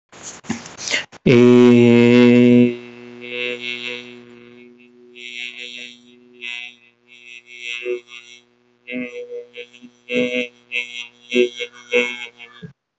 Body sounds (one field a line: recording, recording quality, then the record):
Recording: sustained vowel as in made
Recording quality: moderate, slight background noise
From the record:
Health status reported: healthy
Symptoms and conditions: none ticked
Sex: male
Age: 27 years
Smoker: not ticked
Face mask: not worn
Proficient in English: yes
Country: India